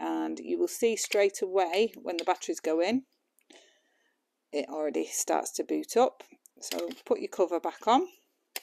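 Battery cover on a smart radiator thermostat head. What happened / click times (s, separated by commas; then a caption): Handled, not yet home: battery cover being put back on / none. Someone talks while batteries are put into a Hive smart radiator thermostat head and its plastic battery cover is pushed back on, with faint handling ticks around 3.4 and 3.5 seconds and a short sharp tap at 8.6 seconds. The cover has not clicked or seated yet.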